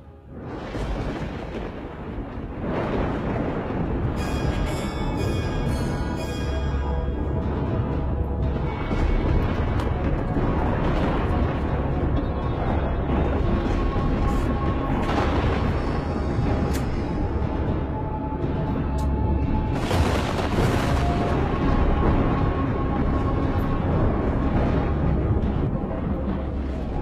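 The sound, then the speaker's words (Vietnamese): Earth-shaking explosions from a series of huge lightning bolts striking down from the sky roll on as a loud, continuous low rumble, with sharp crackling bursts flaring early and again later on. No one speaks. “Tiếng nổ kinh thiên động địa vang lên.”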